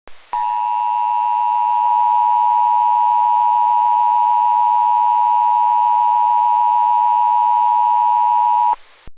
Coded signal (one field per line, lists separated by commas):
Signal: Emergency Alert System (SAME) tones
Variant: 853 and 960 Hz attention tone